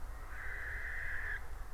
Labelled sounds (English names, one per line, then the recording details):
Western Barn Owl
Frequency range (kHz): Western Barn Owl 1.3-2.3 kHz
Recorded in France